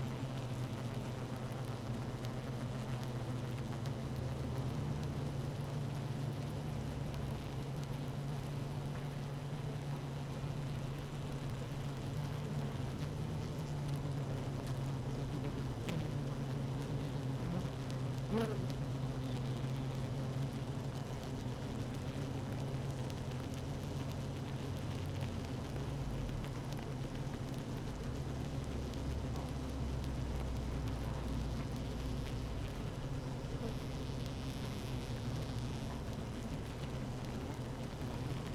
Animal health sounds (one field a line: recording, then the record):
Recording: honeybee colony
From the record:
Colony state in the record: active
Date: 12 June 2018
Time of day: 15:23